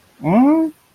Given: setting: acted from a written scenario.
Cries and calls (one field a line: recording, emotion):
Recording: vocal sound without words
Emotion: confusion